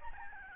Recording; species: mosquito wingbeat signal from an infrared sensor; Aedes albopictus